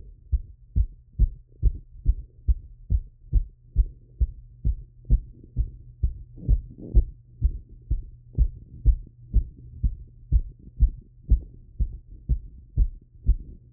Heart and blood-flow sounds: heart sounds by stethoscope after running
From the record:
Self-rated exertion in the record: very hard exertion (5 of 6); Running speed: 10 mph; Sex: male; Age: 24 years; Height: 175 cm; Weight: 56 kg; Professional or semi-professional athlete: no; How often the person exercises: over 5 times a week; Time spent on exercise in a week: over 5 hours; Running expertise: yes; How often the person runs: over 5 times a week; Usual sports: running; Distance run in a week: 60 km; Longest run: 43 km

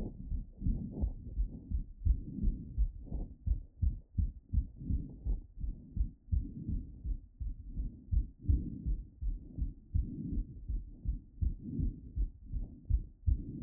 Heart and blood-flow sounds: heart sounds by stethoscope after running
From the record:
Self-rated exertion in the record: vigorous exertion (4 of 6); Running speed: 10 mph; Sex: male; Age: 37 years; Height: 174 cm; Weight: 76 kg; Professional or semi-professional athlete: no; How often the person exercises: over 5 times a week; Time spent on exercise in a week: over 5 hours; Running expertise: yes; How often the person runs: 3 to 5 times a week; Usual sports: running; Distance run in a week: 70 km

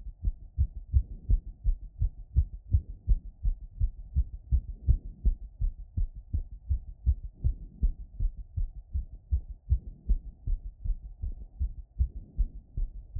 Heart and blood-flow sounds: heart sounds by stethoscope after running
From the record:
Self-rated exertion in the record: vigorous exertion (4 of 6); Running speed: 9 mph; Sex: female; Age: 28 years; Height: 155 cm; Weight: 44 kg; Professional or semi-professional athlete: no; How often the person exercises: 3 to 5 times a week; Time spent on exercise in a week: over 5 hours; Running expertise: yes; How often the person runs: 3 to 5 times a week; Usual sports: running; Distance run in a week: 45 km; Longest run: 32 km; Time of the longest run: 200 minutes

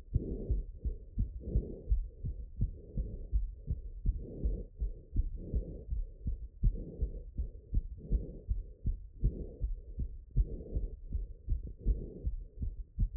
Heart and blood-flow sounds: heart sounds by stethoscope after running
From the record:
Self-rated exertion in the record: light exertion (2 of 6); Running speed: 7 mph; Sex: male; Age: 19 years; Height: 183 cm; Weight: 68 kg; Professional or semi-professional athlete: no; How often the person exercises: 1 to 2 times a week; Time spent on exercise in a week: 2 to 3 hours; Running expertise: yes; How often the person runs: under once a week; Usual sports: volleyball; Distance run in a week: 6 km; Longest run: 10 km

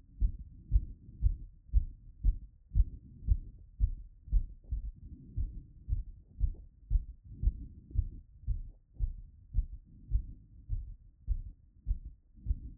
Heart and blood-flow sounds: heart sounds by stethoscope after running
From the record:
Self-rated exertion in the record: moderate exertion (3 of 6); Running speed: 8 mph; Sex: male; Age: 27 years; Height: 185 cm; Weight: 76 kg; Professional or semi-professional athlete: no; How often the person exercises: over 5 times a week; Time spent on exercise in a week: over 5 hours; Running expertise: no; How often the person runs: over 5 times a week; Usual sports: running, weight training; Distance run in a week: 65 km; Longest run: 42 km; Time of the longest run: 214 minutes

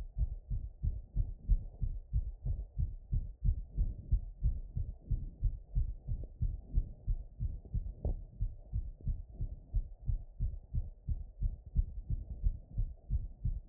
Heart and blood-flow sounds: heart sounds by stethoscope after running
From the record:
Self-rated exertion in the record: moderate exertion (3 of 6); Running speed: 7 mph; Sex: male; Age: 19 years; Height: 175 cm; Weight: 69 kg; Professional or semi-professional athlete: no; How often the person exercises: 1 to 2 times a week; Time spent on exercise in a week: 1 to 2 hours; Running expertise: no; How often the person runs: under once a week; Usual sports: soccer

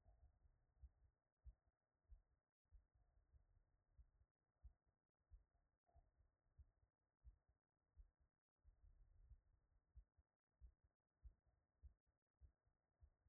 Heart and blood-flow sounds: heart sounds by stethoscope after running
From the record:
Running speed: 5 mph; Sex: female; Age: 60 to 69 years

